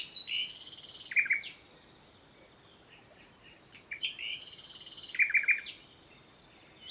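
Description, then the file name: Common nightingale song: two matching phrases of a high buzzy rattle followed by quick repeated chirps, about four seconds apart, over faint background noise. "Luscinia megarhynchos"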